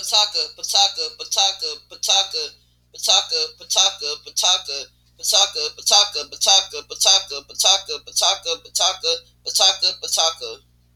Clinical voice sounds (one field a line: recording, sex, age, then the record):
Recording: repeated syllables /pa ta ka/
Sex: female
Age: 30 to 39 years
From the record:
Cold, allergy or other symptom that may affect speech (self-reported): no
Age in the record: 37 years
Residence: Tennessee, United States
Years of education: 12